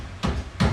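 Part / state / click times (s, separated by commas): metal rain gutter trim onto car roof gutter / not seated / none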